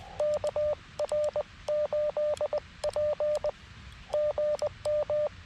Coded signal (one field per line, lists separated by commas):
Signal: Morse code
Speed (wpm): 20 wpm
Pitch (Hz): 1190 Hz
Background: radio noise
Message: KR8P GM